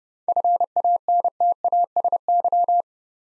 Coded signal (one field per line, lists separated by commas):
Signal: Morse code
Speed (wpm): 30 wpm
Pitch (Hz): 700 Hz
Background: none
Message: FANTASY